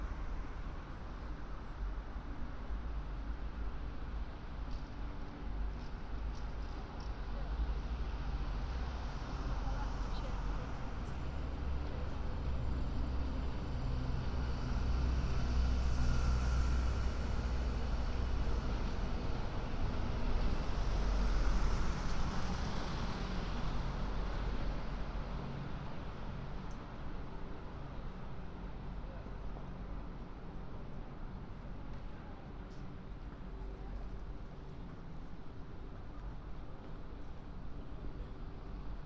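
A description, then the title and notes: A binaural walk around London, filled with a steady low rumble of traffic and engines. The noise swells twice, around 16 and 22 seconds, as vehicles pass, and faint voices drift through the background. Occasional small clicks and ticks sit on top. A binaural field recording of walking around London.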